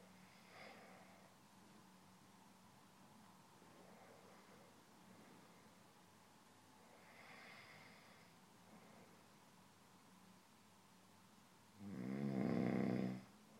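Snoring from an adult sleeper: soft, faint breaths every few seconds, then one loud, rough, snorting snore near the end.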